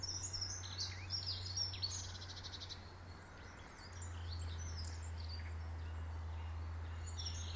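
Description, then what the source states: Birds chirping with high quick notes and a short trill, mostly in the first few seconds, then a steady low hum grows louder. Birds in a garden.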